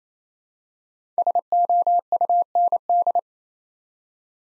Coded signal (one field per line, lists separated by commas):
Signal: Morse code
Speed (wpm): 27 wpm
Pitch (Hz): 700 Hz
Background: none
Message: SOUND